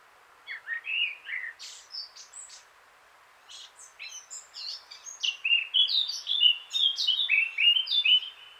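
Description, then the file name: Eurasian blackcap song, a varied scratchy warble that builds into louder, clearer fluting phrases toward the end, with short gaps between bursts. "Sylvia atricapilla"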